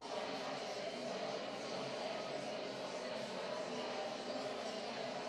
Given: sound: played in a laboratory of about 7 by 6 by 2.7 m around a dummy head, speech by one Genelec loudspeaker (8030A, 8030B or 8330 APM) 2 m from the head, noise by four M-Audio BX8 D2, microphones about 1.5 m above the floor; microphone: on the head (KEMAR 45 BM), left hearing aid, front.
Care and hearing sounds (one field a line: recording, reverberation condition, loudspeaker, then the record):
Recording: babble noise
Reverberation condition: high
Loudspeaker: four, about 170 cm from the corners of the room and facing them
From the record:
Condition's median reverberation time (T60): about 1300 ms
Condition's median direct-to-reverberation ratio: about -4.0 dB